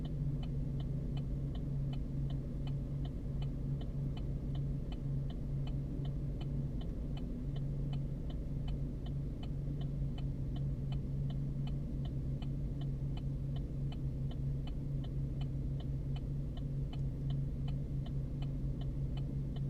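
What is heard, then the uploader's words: Inside a car on the motorway, a steady low engine and road drone fills the cabin without letup. Over it the indicator ticks in a fast, even rhythm, clicking roughly twice a second for the whole stretch, crisp. Driving on the motorway. Internal car ambience. Usage of car indicators. Acceleration and gentle braking.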